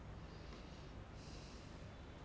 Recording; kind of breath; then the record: one breath in and out by a microphone near the nose and mouth; normal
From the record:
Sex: male